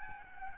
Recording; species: mosquito wingbeat signal from an infrared sensor; Aedes albopictus